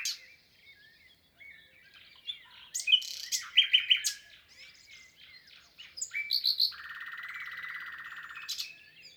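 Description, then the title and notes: Common nightingale song: scattered notes building to loud rich phrases, then a rapid buzzy trill held for over a second. Wild bird in song, 22 April 2020, Lesches-en-Diois, France; spring arrival season; recorded amid silence from people, Nagra Seven recorder with MKH8040 stereo microphones. "LE TÉNOR DES LISIÈRES. 22 avril 2020-Lesches en diois. chant du Rossignol Philomène (Luscinia megarhynchos)"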